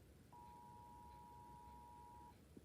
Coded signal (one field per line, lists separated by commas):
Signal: Emergency Alert System (SAME) tones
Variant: 853 and 960 Hz attention tone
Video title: USA EAS alarm